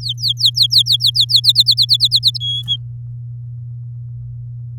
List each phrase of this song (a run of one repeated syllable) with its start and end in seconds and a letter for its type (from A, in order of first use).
0.00-1.40 A, 1.44-2.31 B, 2.34-2.77 C